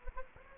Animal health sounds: mosquito wingbeat signal from an infrared sensor; Anopheles gambiae

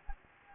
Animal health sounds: mosquito wingbeat signal from an infrared sensor; Anopheles gambiae

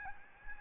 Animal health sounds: mosquito wingbeat signal from an infrared sensor; Aedes albopictus

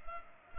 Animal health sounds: mosquito wingbeat signal from an infrared sensor; Culex pipiens

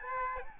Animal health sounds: mosquito wingbeat signal from an infrared sensor; Aedes albopictus

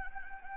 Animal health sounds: mosquito wingbeat signal from an infrared sensor; Anopheles gambiae

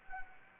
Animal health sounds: mosquito wingbeat signal from an infrared sensor; Anopheles arabiensis

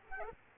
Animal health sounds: mosquito wingbeat signal from an infrared sensor; Aedes aegypti

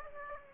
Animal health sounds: mosquito wingbeat signal from an infrared sensor; Aedes aegypti

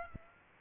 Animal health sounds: mosquito wingbeat signal from an infrared sensor; Aedes aegypti

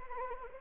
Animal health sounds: mosquito wingbeat signal from an infrared sensor; Anopheles arabiensis

